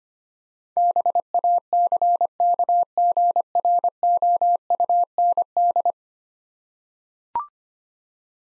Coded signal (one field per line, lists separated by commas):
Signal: Morse code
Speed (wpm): 25 wpm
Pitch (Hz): 700 Hz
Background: none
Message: BACKGROUND